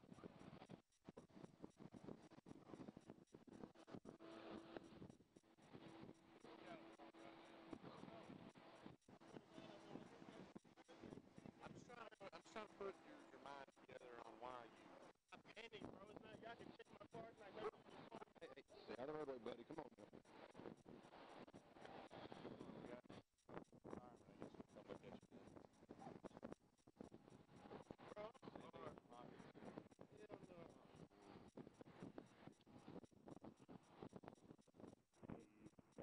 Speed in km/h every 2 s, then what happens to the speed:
0, 0, 0, 0, 0, 0, 0, 0, 0, 0, 0, 0, 0, 0, 0, 0, 0, 0.
0-36 standing.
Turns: none.